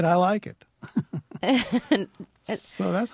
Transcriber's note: soundbite of laughter